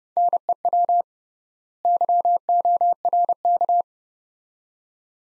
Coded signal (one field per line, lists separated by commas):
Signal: Morse code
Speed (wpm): 30 wpm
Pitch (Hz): 700 Hz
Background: none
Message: NEW YORK